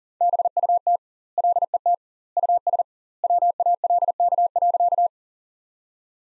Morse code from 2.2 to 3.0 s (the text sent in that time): US